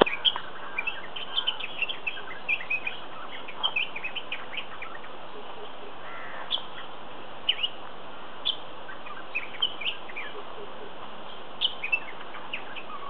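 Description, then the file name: White-browed bulbul calls: short, bright chirping notes given in scattered bursts over a steady hiss of background noise. "Pycnonotus Luteolus"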